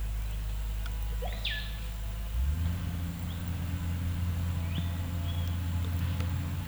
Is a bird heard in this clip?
yes